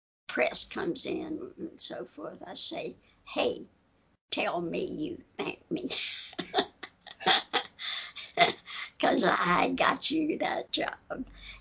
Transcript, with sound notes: press comes in, and I say, “Hey, tell me you thank me.” (laughing) “Because I got you that job.”